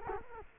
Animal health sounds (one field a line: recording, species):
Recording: mosquito wingbeat signal from an infrared sensor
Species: Culex quinquefasciatus